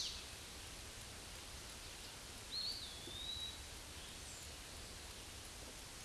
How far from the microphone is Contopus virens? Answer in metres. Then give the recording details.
about 40 m. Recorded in a Pennsylvania forest on 18 May 2023 at 06:21. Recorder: AudioMoth, point grid1_41_low. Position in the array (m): 73 m, 200 m